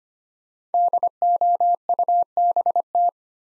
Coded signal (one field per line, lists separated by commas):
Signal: Morse code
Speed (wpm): 25 wpm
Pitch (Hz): 700 Hz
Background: none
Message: DOUBT